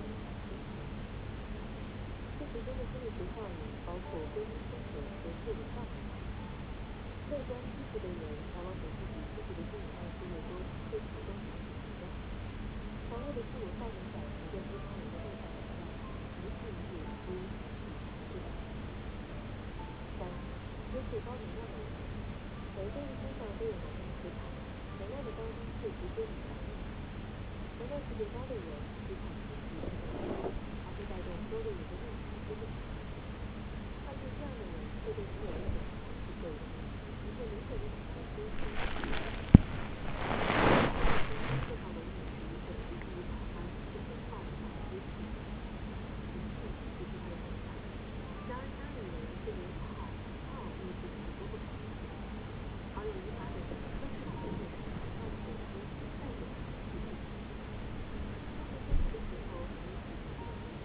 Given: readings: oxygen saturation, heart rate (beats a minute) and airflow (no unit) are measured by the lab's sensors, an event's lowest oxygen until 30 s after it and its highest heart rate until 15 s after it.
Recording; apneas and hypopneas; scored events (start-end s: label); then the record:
a person awake in a sleep study, by a voice recorder at the bedside; none
0.00-60.85 s: awake
From the record:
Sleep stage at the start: awake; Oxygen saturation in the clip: 95 to 96%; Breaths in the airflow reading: 16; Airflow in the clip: -5.7 to 5.3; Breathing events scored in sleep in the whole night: 335 in 6.7 hours asleep